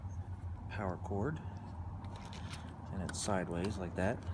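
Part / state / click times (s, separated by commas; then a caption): door mirror power cord plug into the door wiring connector / not seated / none. Someone talks while handling the power cord plug of a 2000-2007 Ford Focus passenger door mirror, holding it sideways up to the door wiring connector, with a steady low hum underneath and a couple of faint handling ticks around 2.3 s. The plug has not seated or clicked into the connector yet.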